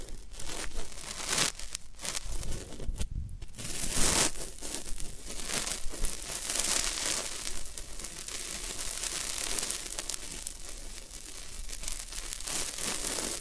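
Floral foam being worked, giving a dense, crackly crunching and tearing texture that runs the whole 13 seconds. The first four seconds are choppier, with short pauses and sharper bursts, then the sound settles into a steadier, bright, gritty crumble that continues to the end.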